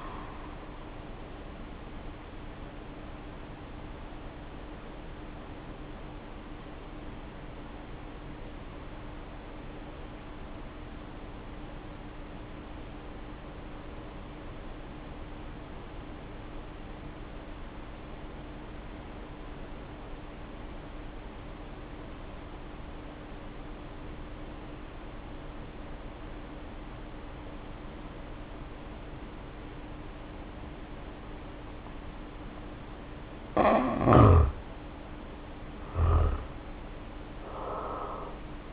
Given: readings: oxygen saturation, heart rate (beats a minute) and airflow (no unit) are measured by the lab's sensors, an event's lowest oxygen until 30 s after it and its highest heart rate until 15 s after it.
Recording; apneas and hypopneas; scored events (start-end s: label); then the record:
breathing in sleep by a voice recorder at the bedside; 1
4.00-34.70 s: hypopnea (N1, oxygen 95% highest, then 76% lowest, heart rate 47 at the start, 70 highest)
21.00-38.73 s: new sleep stage, N2 (light sleep)
From the record:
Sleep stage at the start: N1 (lightest sleep); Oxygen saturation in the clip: 75 to 95%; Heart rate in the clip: 47 to 68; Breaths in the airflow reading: 10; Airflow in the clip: -1.6 to 2.3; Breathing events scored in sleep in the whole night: 520 in 7.2 hours asleep